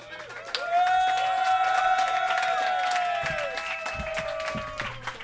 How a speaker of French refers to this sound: Oh, ouais, applaudis. De toute beauté.